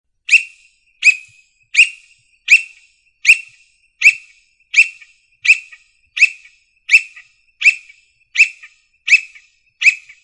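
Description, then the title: Bird giving sharp, bright chirps, one repeated steadily about every three-quarters of a second, each note alike, with near silence between them. "LuckyPassaro Completos2Sama"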